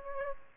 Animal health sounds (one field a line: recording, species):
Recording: mosquito wingbeat signal from an infrared sensor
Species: Aedes aegypti